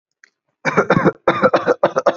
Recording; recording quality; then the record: heavy voluntary cough; excellent, no background noise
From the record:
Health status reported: healthy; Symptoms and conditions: none ticked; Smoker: not ticked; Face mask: not worn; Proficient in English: yes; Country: India